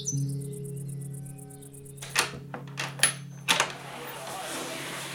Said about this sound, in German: Eines Abends ist mein Vater viel früher als sonst nach Hause gekommen. Er hat die Tür aufgemacht, ist stehen geblieben.